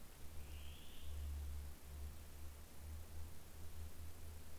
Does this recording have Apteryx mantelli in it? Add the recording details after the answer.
no. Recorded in New Zealand on 14 December 2015. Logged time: 00:43. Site CG68